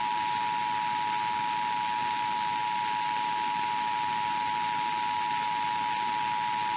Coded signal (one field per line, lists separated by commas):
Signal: Emergency Alert System (SAME) tones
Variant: 853 and 960 Hz attention tone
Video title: EAS #82-84 - IPAWS Weekly Tests (1/15/24)